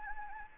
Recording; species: mosquito wingbeat signal from an infrared sensor; Anopheles gambiae